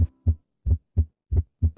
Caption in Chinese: 这个声音是属于正常的心脏声音。 痛特痛特，就是两个声音啊。 就是很清晰，很清晰，感觉很有力量。 收缩舒张，收缩舒张这样子。